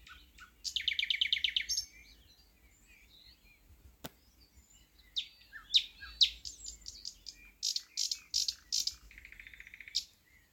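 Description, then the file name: Thrush nightingale song: a loud rapid buzzy rattle, a pause, then sharp clicking notes and a fast lower rattle; a single snap near the middle. "thrush nightingale - luscinia luscinia"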